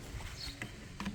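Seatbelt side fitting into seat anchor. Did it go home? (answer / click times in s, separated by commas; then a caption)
yes / 0.6 s, 1.0 s. The side fitting of a seatbelt in a Hyundai Santa Fe is refitted into its metal anchor or latch in the seat, with sharp clicks at 0.6 s and 1.0 s over faint background noise. The fitting seats home.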